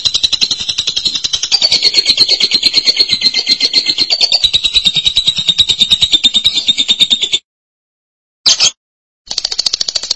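Lovebird chattering song: a long, fast, shrill buzzing trill, then a silent pause, one short burst, and the trill resuming.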